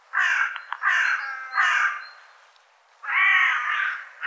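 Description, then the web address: Bird giving harsh, hoarse cawing calls, three quick caws in the first two seconds, then a pause and a longer, drawn-out caw. "cianscape birddata"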